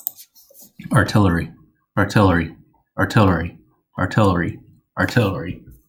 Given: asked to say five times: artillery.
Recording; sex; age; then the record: repeated word; male; 30 to 39 years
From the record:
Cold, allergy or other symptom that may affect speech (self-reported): no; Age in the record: 32 years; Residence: Maryland, United States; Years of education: 16